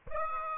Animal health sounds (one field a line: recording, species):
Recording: mosquito wingbeat signal from an infrared sensor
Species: Aedes aegypti